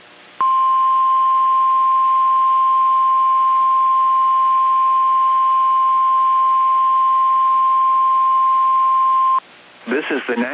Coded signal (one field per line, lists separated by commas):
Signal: Emergency Alert System (SAME) tones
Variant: 1050 Hz attention tone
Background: speech